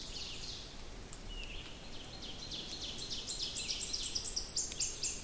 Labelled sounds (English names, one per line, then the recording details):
Ovenbird song
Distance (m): 70 m
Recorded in boreal forest in Alberta, Canada, on 28 May 2016 at 06:44
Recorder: SongMeter 3, array SBT-3-49
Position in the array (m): 107 m, 264 m
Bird 14